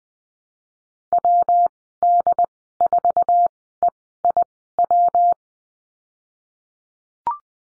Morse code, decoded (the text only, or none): WD4EIW